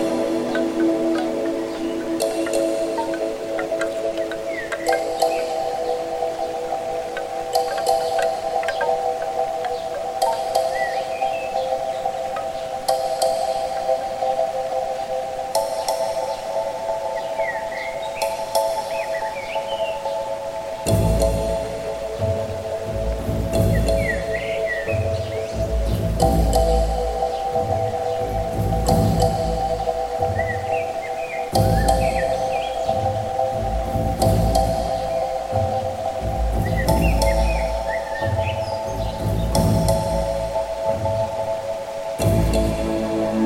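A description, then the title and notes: Calm music of soft, held mid-range tones plays throughout, with bright chime-like strikes every five seconds or so and small birds chirping high above. About halfway through, a low, pulsing rhythm joins in and continues steadily to the end. Zen music and the symphony of nature sounds.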